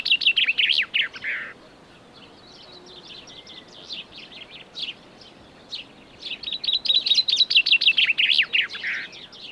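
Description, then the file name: Common chaffinch song: loud chirped phrases, each ending in a lower flourish, heard twice, with quieter bird calls between them. "Fringilla coelebs"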